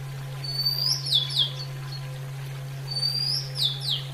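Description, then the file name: Oriental magpie-robin singing two matching phrases, a high whistle swelling upward then breaking into a few fast downward slurs, with a continuous low hum underneath. Female bird. "kacer betina"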